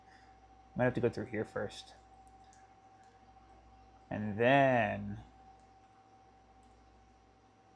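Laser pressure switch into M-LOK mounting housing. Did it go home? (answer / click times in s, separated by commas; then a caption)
no / none. Someone talks while threading a tape pressure switch for a VOTATU V848 laser and its wire through the slot of a plastic M-LOK mounting housing, lining it up before pushing it in. Between the two bursts of speech there is only quiet handling, with a faint steady hum underneath. Nothing has seated or clicked yet.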